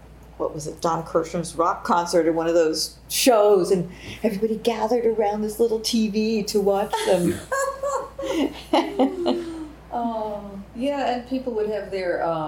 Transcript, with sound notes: what was it, Don Kirshner’s Rock Concert or one of those shows. Everybody gathered around this little TV to watch them (laughter) Yeah and people would have their